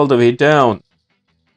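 A side mirror assembly is being pressed all the way down into its mount on the door of a 2023–2026 Honda Accord. Someone talks for the first 0.8 seconds, followed by near silence with only a faint blip around 1.1 seconds. Nothing has seated or clicked yet.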